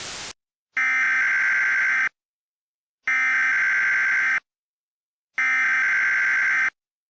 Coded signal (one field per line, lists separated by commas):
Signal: Emergency Alert System (SAME) tones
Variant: header bursts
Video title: EAS Mock 22: Greenhouse